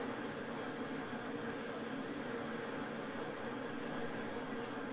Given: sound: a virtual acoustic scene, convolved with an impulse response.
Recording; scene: olnoise with the direct sound of the target; living room, symmetric